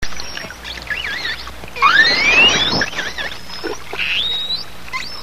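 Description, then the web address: Pilot whale whistles: one long clear whistle sweeping steadily upward, with fainter wavy warbling whistles before and after it. "walvisstrandingen. pilot"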